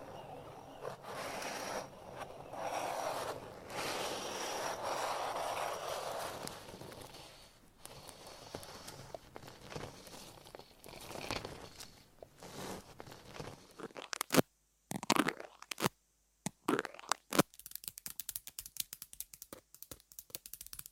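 Soft scratching and rubbing fill the first half, thinning into quieter brushing, then sharp separate taps and clicks arrive irregularly after fourteen seconds.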